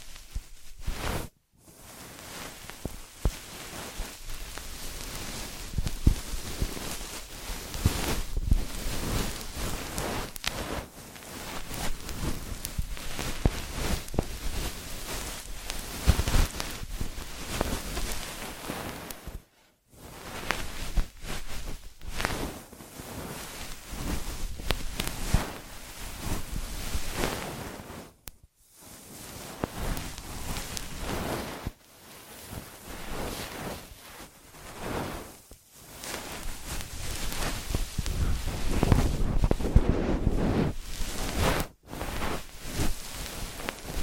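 Cleaning sounds for an ear massage: dense, scratchy rubbing and rustling that fills the whole range from low to bright, swelling and easing in uneven passes. Brief full silences break it near 1, 19, 28, 35 and 42 seconds, and the last stretch grows louder and fuller.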